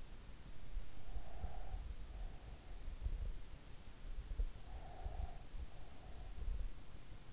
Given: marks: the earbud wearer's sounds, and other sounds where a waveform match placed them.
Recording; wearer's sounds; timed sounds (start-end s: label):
sounds in sleep by an in-ear microphone; breath
0.89-2.16 s: breath
4.37-5.48 s: breath